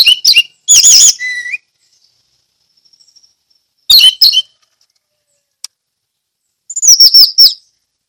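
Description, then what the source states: Orange-headed thrush song in several short bursts of high whistles, slurred notes and harsh chatter, with quiet gaps of about two seconds. Ngeplong song style.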